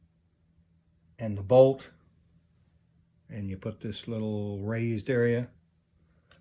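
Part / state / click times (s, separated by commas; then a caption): shotgun bolt into bolt carrier / seated / 6.3 s. During reassembly of an SKB 1300-1900 shotgun, someone talks while the small raised area on the bolt is pushed into the cutout in the bolt carrier. A single sharp metallic tick at 6.3 s marks the bolt popping into the carrier once everything is lined up correctly, and it is seated.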